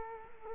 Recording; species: mosquito wingbeat signal from an infrared sensor; Culex quinquefasciatus